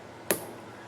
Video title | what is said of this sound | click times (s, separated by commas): CF Moto 800MT Rear brake fix | Goes together with a very nice click. | 0.3 s